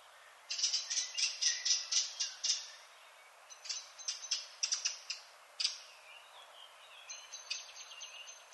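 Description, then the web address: Redwing song in quick bursts of sharp high clicking notes, a run of about ten, then shorter groups separated by short pauses, over a faint steady hiss. "HGW birds \ \aves Rodvingetrast"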